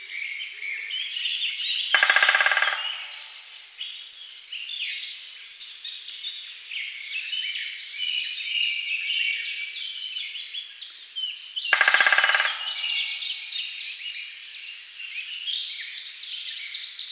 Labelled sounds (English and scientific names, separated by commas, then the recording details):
Great Spotted Woodpecker (Dendrocopos major) drumming
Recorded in the wild
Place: Lilienhof / Kaiserstuhl, Baden-Württemberg, DE
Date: 2009-05-02
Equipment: MiniDisc Sharp MT 20 H
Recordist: Schwarz, Dieter